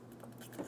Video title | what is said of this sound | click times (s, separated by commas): How to Replace Tail Lights 2015-2025 Ford Transit 250 | After an audible click, a light tug, we want to make sure it's secure. | 0.2 s